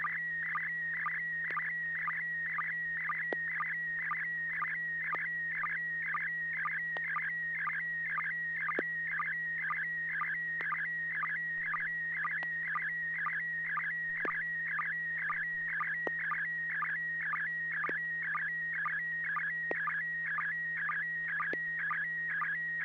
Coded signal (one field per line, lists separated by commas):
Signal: SSTV (slow-scan television)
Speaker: it it actually came through really well for me it's a super good resolution few pixelations I see